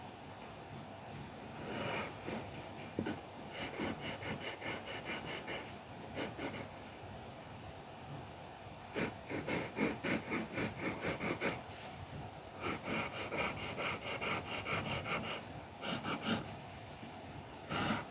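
Colouring pencil strokes scratch across paper, coming in quick rhythmic bursts of back-and-forth rubbing. Busy stretches around 2–4, 9–12 and 13–17 seconds alternate with quieter, softer passages of lighter shading and paper handling.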